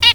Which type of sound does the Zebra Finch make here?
stack call